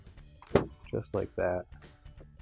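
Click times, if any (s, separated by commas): 0.6 s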